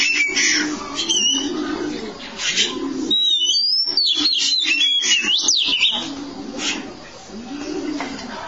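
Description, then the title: Oriental magpie-robin whistling looping, slurred phrases and scratchy notes, with a low droning sound behind much of it. Long-duration song. "Kacer Durasi Panjang"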